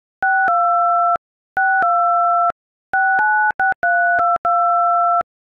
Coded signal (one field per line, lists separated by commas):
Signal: DTMF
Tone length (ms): 270 ms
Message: 62 62 696322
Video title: Oh No TikTok song on dial pad